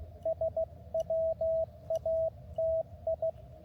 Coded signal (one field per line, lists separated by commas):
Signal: Morse code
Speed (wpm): 16 wpm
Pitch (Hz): 650 Hz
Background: radio noise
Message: SWATI